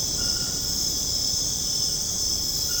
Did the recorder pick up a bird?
no